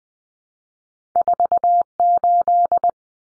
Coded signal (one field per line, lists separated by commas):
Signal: Morse code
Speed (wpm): 20 wpm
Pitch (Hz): 700 Hz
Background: none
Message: 48